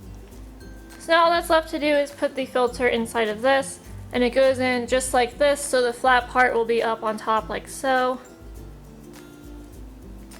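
A water filter cartridge for a Keurig 2.0 is placed into its plastic holder with the flat part on top while someone talks over quiet background music. Only faint handling sounds are heard, and nothing has seated or clicked yet because the holder has not been popped shut.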